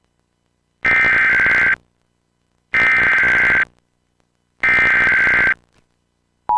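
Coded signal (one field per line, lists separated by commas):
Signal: Emergency Alert System (SAME) tones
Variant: header bursts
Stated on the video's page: Monthly EAS test on a cable TV system, recorded to VHS, with text-to-speech.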